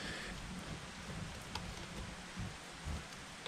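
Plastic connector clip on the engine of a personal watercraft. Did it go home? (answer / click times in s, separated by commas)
no / none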